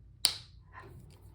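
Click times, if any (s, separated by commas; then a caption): 0.2 s. A plastic cap is pressed onto a felt-tip marker and clicks shut with a loud, sharp click at 0.3 s, confirming the cap is seated so the marker will stay fresh. Afterwards only faint low noise and a soft later sound are heard.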